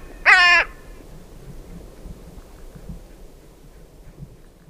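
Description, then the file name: Carrion crow giving a single harsh, rich caw lasting about a third of a second, then quiet low background noise. "Corvus corone"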